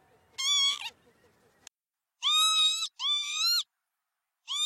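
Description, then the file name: Northern lapwing calls: four nasal, harmonic-rich notes, each slurring upward then levelling off, in a short irregular series with quiet gaps between. "canto do abibe comum"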